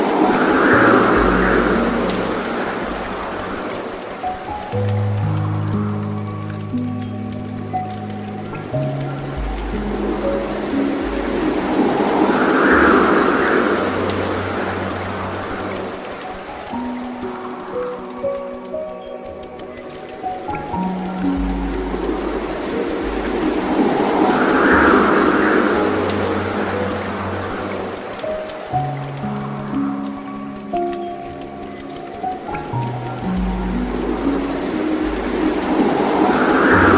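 Soft piano music plays over a steady, hissing water stream. Slow, sustained low notes and chords move in a looping phrase that swells and repeats roughly every twelve seconds, while the rushing water stays constant underneath with a patter like light rain.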